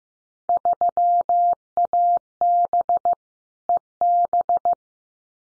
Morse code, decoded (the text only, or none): 3AB EB